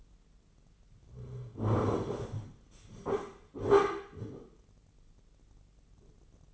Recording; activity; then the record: daily activity, microphone in the room; sit down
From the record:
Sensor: 4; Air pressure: 996.7 hPa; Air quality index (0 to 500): 241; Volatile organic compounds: 348 ppm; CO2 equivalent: 4579 ppm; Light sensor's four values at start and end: 47/114/47/47 and 47/114/47/47